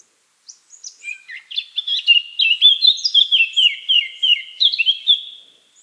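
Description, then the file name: Eurasian blackcap song: soft scratchy twitters build into a loud, fast fluty warble of varied whistled notes lasting about four seconds, then fade. "Sylvia atricapilla"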